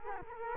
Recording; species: mosquito wingbeat signal from an infrared sensor; Culex quinquefasciatus